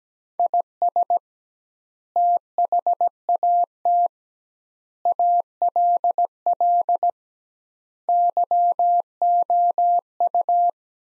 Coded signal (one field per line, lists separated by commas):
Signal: Morse code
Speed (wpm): 17 wpm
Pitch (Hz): 700 Hz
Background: none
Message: IS THAT ALL YOU